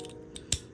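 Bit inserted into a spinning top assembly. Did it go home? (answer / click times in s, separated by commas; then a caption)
yes / 0.5 s. A plastic bit is pushed into an assembled BX-13 KnightLance 4-80HN Beyblade X spinning top, with a few faint light ticks before it snaps home with a sharp click at 0.5 s. The bit is seated.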